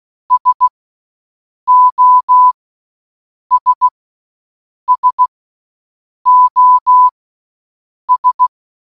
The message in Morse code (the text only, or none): SOS SOS